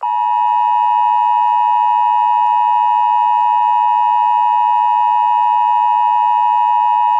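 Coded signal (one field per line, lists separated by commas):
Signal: Emergency Alert System (SAME) tones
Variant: 853 and 960 Hz attention tone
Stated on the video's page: Fictional scenario alert; tones may be valid.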